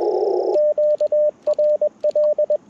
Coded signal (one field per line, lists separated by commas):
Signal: Morse code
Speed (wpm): 20 wpm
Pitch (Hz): 600 Hz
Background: radio noise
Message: QRL